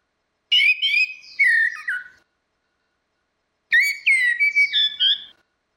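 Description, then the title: Orange-headed thrush song: two clear whistled phrases of slurred, varied notes around mid-high pitch, separated by a pause of about a second and a half. "Burung Anis Merah"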